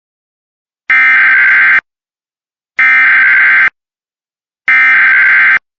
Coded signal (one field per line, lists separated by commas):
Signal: Emergency Alert System (SAME) tones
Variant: header bursts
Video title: Local Area Emergency/Announcement ￼(New EAS 16) (please read the description)